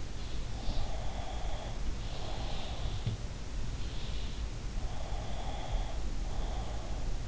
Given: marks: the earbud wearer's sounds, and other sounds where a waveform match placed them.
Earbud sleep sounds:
sounds in sleep by an in-ear microphone; breath
0.53-2.98 s: breath
4.79-7.28 s: breath

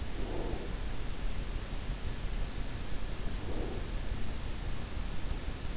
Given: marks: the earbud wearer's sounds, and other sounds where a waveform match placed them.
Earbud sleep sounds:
sounds in sleep by an in-ear microphone; breath
0.16-0.81 s: breath
3.33-3.85 s: breath

